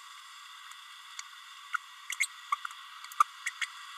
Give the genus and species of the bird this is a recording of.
Forpus passerinus